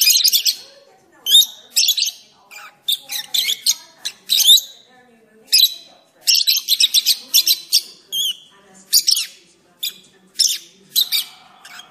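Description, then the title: Oriental magpie-robin song made of varied whistled and chattering phrases, delivered in irregular bursts separated by brief pauses. "Kicau Kacer"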